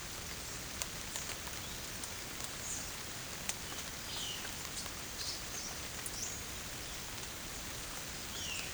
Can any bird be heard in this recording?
yes